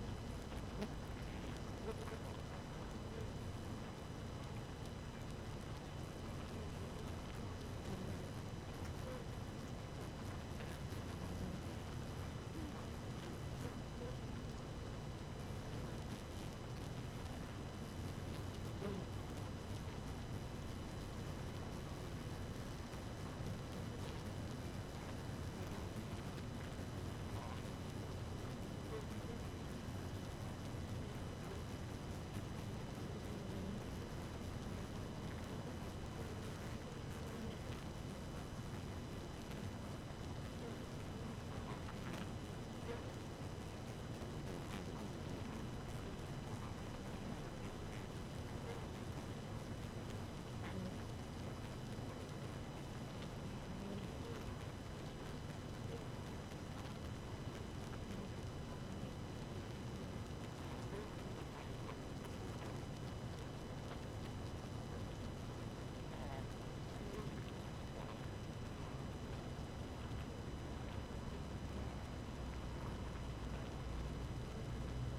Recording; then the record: honeybee colony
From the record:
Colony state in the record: active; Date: 12 June 2018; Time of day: 4:58